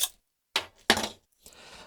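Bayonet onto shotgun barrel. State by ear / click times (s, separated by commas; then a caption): partly seated / 0.9 s. A bayonet made for thinner rifle barrels is pushed onto a 12-gauge shotgun fitted with a magazine tube and barrel rings. A sharp metallic knock comes at about 0.6 s, then the latch clicks at 0.9 s with a short rattle, followed by faint handling noise. The latch locks, but the muzzle ring stops just short of seating on the plug because the handle is slightly too thick.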